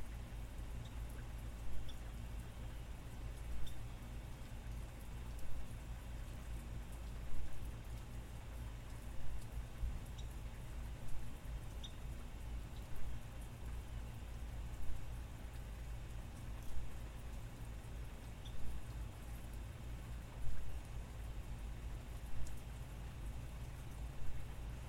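Rain falls in a steady, dense wash with a strong low rumble underneath that stays constant throughout. Small sharp drips and taps stand out every few seconds, a little louder around the two, seven, twelve and twenty second marks.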